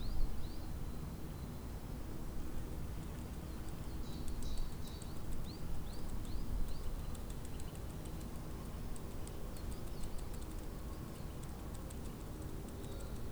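Spring outdoors in a park, with small birds chirping in short repeated phrases, most clearly around four to seven seconds and again near the end. A constant low rumble of traffic and wind fills the background, with faint ticking clicks scattered throughout.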